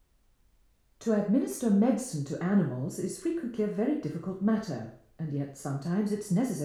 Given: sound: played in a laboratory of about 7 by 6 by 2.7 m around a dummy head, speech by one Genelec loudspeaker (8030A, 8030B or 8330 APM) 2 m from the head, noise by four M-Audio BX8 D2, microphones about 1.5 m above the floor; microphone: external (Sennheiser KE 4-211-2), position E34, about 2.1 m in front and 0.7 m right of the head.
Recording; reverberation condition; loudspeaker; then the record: female speech in English; medium; in front (0 degrees)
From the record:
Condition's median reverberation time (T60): about 510 ms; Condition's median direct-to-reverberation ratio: about -0.5 dB